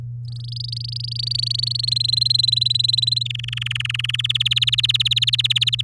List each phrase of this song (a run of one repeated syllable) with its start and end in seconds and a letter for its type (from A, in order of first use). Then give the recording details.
0.25-1.90 A, 1.91-3.23 B, 3.25-4.16 C, 4.18-5.82 D. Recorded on 11 May 2018 at 08:53. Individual llb16